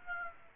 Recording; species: mosquito wingbeat signal from an infrared sensor; Aedes aegypti